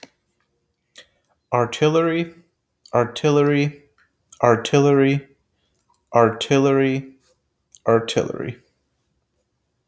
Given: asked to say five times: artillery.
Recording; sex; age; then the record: repeated word; male; 30 to 39 years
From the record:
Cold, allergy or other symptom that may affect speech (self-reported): no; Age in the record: 31 years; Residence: Arkansas, United States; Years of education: 16